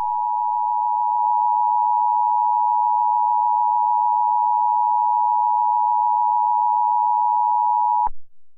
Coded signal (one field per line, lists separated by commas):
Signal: Emergency Alert System (SAME) tones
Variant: 853 and 960 Hz attention tone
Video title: EAS Scenario #45: Mickey Error 1: The Return Of Mickey Error